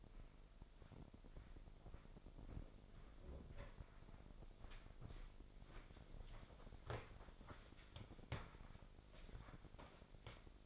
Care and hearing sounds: daily activity, microphone in the room; walk to room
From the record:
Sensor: 5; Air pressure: 995.6 hPa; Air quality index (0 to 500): 108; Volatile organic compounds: 8 ppm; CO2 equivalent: 2088 ppm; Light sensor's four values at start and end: 38/93/37/38 and 37/88/36/37

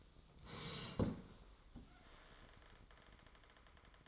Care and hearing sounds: daily activity, microphone in the room; sit down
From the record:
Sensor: 3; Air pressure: 1005.1 hPa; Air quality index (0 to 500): 93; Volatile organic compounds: 3 ppm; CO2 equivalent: 1444 ppm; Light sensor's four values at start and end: 10/22/9/9 and 10/22/9/9

